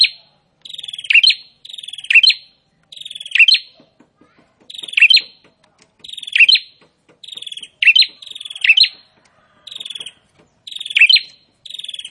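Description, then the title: Prinia song with repeated rattling phrases, each a fast trill closing on a stressed note, arriving in pairs and singles throughout. Prinia song described as gacor (vigorous, nonstop singing). "Prenjak gacor"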